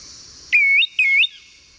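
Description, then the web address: Lawrence's thrush giving two clear, high whistled notes in quick succession, each slightly rising at the end. Eastern lowlands of South America. "WLL Grade 1-12 Pre-Uni Library Enter Natures Songs S America Eastern Lowlands Lawrence's Thrush"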